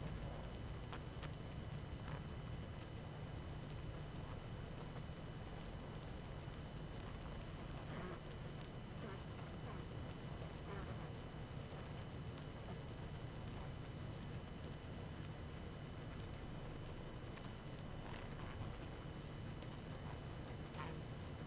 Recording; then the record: honeybee colony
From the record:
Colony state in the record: active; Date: 12 June 2018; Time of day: 20:03